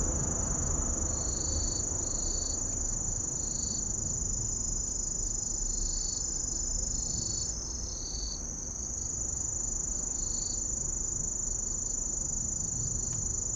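Kusahibari cricket song, short high trilled bursts repeated at intervals beneath a continuous higher ringing tone, with low background rumble.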